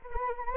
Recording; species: mosquito wingbeat signal from an infrared sensor; Anopheles arabiensis